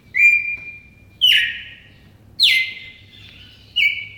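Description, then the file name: Red-crested cardinal whistling: a long even note followed by three loud falling slurs that level into steady tones, each about a second apart. Song variation 4. "suara kicauan burung red crested cardinal. omkicau"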